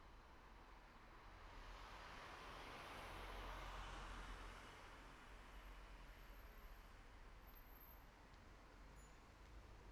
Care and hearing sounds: everyday scene through a hearing-aid microphone; in traffic; traffic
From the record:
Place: city secondary road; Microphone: behind the ear, right, front

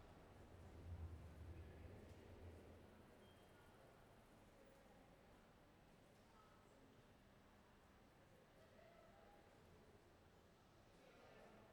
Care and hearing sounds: everyday scene through a hearing-aid microphone; reverberant space; background noise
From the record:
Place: railway station hall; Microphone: behind the ear, left, rear

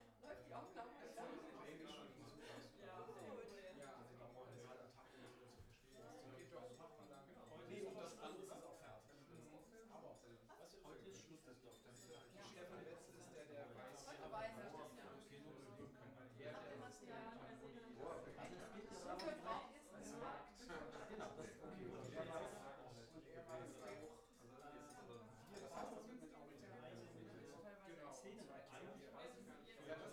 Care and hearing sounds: everyday scene through a hearing-aid microphone; many people talking; many voices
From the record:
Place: bistro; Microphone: behind the ear, right, front

